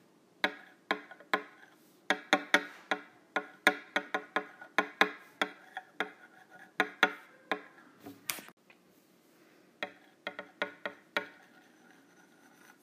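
Metal straws clink and tap in quick, uneven bursts of bright, ringing clicks, with a short scraping rustle near eight seconds and brief pauses.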